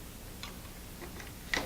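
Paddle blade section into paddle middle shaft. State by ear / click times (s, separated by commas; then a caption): seated / 1.5 s. The lower blade of a three-part composite paddle for a Sea Eagle LongBoard Hybrid inflatable SUP is pushed onto the paddle's middle shaft section. A faint tick at 0.4 s is followed by a sharp, louder snap at 1.5 s as the blade seats into place on the shaft.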